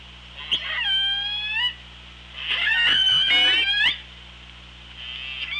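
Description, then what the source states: Killer whale calls: two long harmonic cries that rise gently, the second loud and layered with pulsed buzzing, against constant underwater hiss. Recorded on the OrcaLab hydrophone, 24 August 2017 at 07:44:09.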